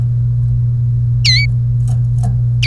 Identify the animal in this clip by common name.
Domestic Canary